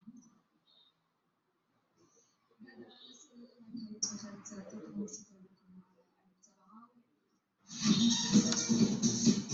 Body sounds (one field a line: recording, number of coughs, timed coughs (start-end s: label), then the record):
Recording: no coughing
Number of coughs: 0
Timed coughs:
none
From the record:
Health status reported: healthy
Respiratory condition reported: no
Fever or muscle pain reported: no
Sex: male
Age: 50 years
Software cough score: 0.42